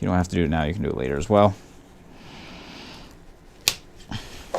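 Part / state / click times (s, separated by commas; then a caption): plastic extractor part onto reloading press shell plate carrier / seated / 3.7 s. Someone talks, then a plastic extractor part with a slit is pushed back onto the shell plate carrier of a Lee 6 Pack Pro reloading press and snaps on with a sharp click at 3.7 s. The extractor part is seated in place.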